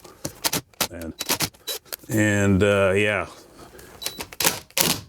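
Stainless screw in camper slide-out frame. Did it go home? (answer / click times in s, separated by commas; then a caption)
no / 3.8 s, 4.1 s, 4.2 s, 4.3 s, 4.5 s, 4.8 s. A power driver tries to remove a stainless screw from a camper slide-out frame, and the bit chatters and slips in rapid ticks at 3.8, 4.1, 4.2, 4.3, 4.5 and 4.8 seconds. Someone talks in the middle of the clip. The screw head is stripped.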